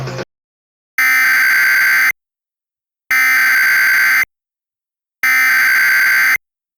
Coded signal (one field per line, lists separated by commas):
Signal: Emergency Alert System (SAME) tones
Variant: header bursts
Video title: [EAS MOCK] 2001 North Central Texas Flash Flood Warning